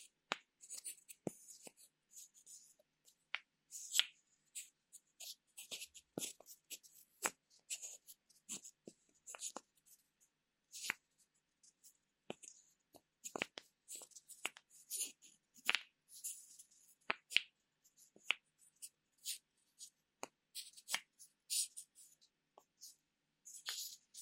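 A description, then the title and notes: Crisp tapping in quick irregular bursts of sharp clicks, bright and dry, with brief silent gaps. 解壓．觸發．敲擊 | Tapping for Tingles | NO Talking.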